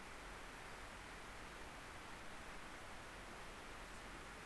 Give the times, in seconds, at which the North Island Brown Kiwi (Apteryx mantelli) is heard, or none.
none